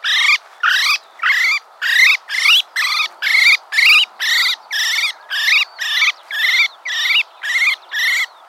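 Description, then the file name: Common blackbird giving harsh, buzzy calls in a steady series, roughly two per second, each short note rising slightly, with no other clear sounds. "Turdus merula"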